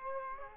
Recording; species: mosquito wingbeat signal from an infrared sensor; Culex quinquefasciatus